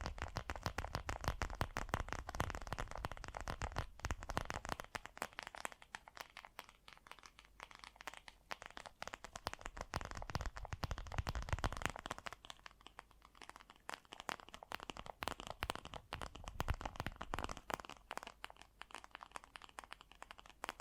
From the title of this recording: Fast & Gentle Tapping